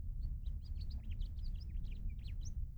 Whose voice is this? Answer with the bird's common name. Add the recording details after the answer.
House Finch. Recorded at Hewlett Harbor on Long Island, New York, on 10 June 1975. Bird M